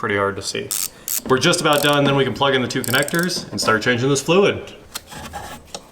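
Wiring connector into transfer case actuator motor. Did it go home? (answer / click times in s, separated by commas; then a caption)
yes / 5.8 s. An electrical wiring connector is plugged into the transfer case actuator motor under a BMW wagon. Someone talks through most of the clip, then a sharp click is heard at 5.8 seconds as the connector seats.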